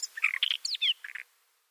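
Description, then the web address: Siberian rubythroat song, a short burst of varied warbled and whistled notes lasting about a second, ending in a bright descending whistle and a few soft chirps. "Schulze Peter Siberian Rubythroat song"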